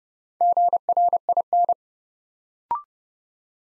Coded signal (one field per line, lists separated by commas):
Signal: Morse code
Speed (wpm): 28 wpm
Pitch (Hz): 700 Hz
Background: none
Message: GRIN